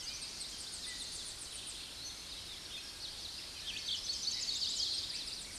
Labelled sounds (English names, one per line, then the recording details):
Tennessee Warbler song
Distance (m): 55 m
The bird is about level with the microphone
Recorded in a Pennsylvania forest on 16 May 2024 at 06:43
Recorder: AudioMoth, point MSD-2377
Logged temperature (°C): 16.1 °C
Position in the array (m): 70 m, 175 m